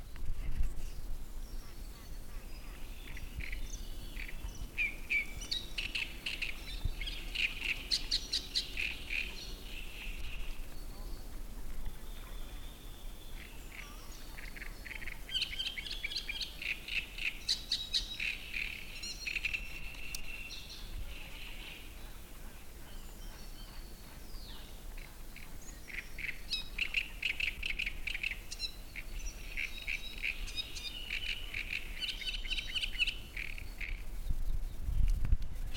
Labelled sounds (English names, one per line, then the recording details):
Great Reed Warbler
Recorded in the wild
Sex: male
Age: adult
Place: Müggelsee, Berlin, DE
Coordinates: 52.43, 13.64
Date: 1990-05-05
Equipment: Uher 4400 Report Monitor, Sennheiser ME 80, K 30 AV
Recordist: Fischer, Stefan